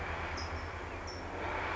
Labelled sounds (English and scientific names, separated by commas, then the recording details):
California Towhee (Melozone crissalis)
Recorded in Sonoma County, California